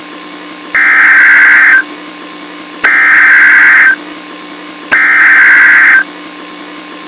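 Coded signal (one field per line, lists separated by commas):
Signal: Emergency Alert System (SAME) tones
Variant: header bursts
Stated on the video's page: Simulated emergency alert scenario, not a real broadcast.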